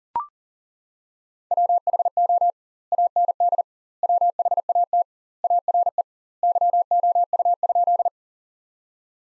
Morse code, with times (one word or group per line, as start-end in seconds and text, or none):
1.5-2.5 WHO
2.9-3.6 AND
4.0-5.0 WHAT
5.4-6.0 ARE
6.4-8.1 YOU?